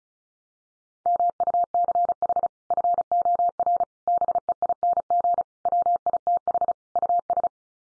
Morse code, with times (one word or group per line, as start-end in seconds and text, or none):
1.1-2.5 MUCH
2.7-3.8 FOR
4.1-5.4 BEING
5.7-6.7 WITH
7.0-7.5 US